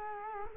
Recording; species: mosquito wingbeat signal from an infrared sensor; Culex quinquefasciatus